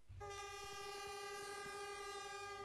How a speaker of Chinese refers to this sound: 随着汽笛一声长鸣，满载义乌小商品的中欧班列缓缓开出了义乌货运西站。这一列火车将在10几天后到达西班牙马德里，带去义乌的机械配件、服装布料、汽车配件等等。